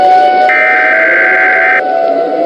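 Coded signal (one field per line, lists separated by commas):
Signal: Emergency Alert System (SAME) tones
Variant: header bursts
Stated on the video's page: Fictional EAS scenario about a giant tornado.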